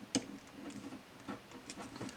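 Two more plastic buckles on the tails of a transforming robot dinosaur toy are pushed tight along the root to clamp the tails together. One loud, sharp click is heard at 0.2 s, followed by softer ticks around 1.7 s and 2.1 s. The buckles snap together and seat.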